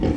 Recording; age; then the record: pig call; growing-finishing pig (85 days or more)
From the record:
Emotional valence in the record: negative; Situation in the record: barren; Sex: female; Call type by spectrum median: low-frequency call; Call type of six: low-frequency stable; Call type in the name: low-frequency stable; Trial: 2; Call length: 0.17 s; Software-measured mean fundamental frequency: 41 Hz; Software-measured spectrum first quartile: 126 Hz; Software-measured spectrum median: 259 Hz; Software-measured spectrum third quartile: 419 Hz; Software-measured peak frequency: 302 Hz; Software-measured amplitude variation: 119 dB a second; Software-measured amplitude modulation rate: 22.8 a second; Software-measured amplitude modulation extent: 5.2 dB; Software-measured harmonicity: -0.5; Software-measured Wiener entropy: -0.85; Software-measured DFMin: 871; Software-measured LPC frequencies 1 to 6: 358, 1972, 3076, 4379, 5166, 5886 Hz